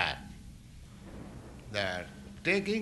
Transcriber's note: loud thunder